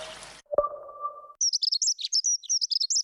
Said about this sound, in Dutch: Word je ook zo blij van de eerste hegemus?